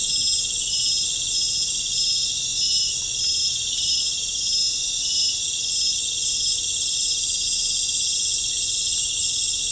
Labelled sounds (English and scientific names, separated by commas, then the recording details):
none
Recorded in pastures near Puerto Asís, Putumayo, Colombia, on 20 December 2024 at 18:30
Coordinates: 0.496, -76.326
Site G004